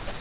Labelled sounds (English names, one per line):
Grace's Warbler flight call